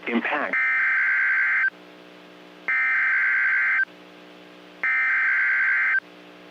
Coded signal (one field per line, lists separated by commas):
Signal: Emergency Alert System (SAME) tones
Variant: header bursts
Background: speech